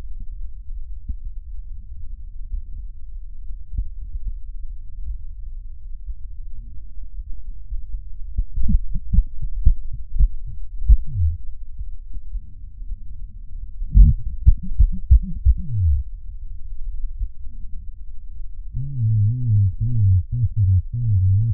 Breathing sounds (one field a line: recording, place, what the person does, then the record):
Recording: lung sounds by stethoscope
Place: right posterior basal chest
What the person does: quiet breathing, then cough and speech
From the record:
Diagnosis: none (healthy)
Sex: male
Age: 60 years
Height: 190 cm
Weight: 150 kg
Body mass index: 41.6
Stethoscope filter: bell mode